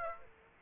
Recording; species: mosquito wingbeat signal from an infrared sensor; Aedes aegypti